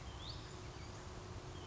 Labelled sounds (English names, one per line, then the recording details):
Hutton's Vireo
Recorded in Sonoma County, California